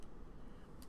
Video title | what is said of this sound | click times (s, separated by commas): Vol Vapes Episode 5 Uwell Valyrian Tank | So when you click it, you can hear it just release. It pops open like that. | 0.8 s